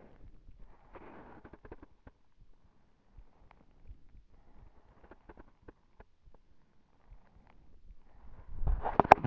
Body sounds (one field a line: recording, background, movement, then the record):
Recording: deep breathing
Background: quiet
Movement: sitting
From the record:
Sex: female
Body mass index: 18.8 kg/m2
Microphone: on the chest, facing the body